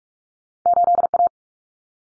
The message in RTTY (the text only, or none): none